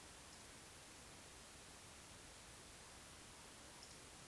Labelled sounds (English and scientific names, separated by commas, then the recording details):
Eurasian Woodcock (Scolopax rusticola) whistle
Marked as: whistle, whistle
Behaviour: display flight
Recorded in Baden-Württemberg, Germany, on 19 June 2020 at 20:04 UTC
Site 49006, 684 m above sea level